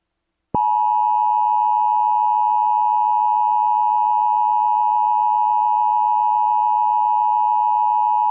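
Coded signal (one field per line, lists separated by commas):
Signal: Emergency Alert System (SAME) tones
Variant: 853 and 960 Hz attention tone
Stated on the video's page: Personally captured EAS alerts, a compilation of real alerts.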